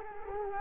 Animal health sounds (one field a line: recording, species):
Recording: mosquito wingbeat signal from an infrared sensor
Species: Culex quinquefasciatus